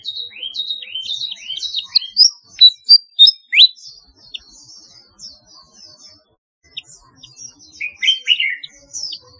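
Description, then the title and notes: Flycatcher song, a lively run of high whistled downslurs and quick chirps, then a pause and a fainter burst of rapid twittering notes. "Kicau Burung Sikatan"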